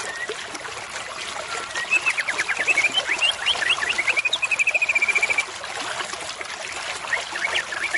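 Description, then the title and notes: White-rumped shama song: a fast rattling run of sharp repeated notes that turns into a level trill, followed by a few scattered chirps, over constant hiss. Murai batu song used as a lure (pikat). "MB Pikat Jitu.. Suara Mantap. murai batu"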